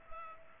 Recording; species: mosquito wingbeat signal from an infrared sensor; Culex pipiens